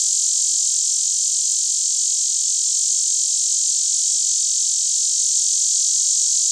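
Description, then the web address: Lyric cicada giving an unbroken, intense high-pitched buzz at constant volume across the whole stretch, with a quiet low hum underneath. North America. "Songs of Insects. Lyric Cicada"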